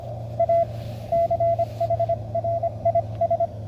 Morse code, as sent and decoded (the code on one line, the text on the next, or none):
.- / -.-. .... .-. .. ...
A CHRIS